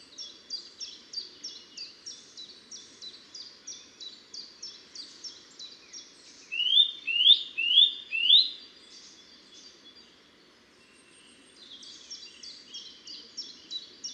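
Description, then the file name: Eurasian nuthatch rapidly repeating short high notes for several seconds, then four loud rising whistles, silence, and renewed fast high notes. "Sitta europaea"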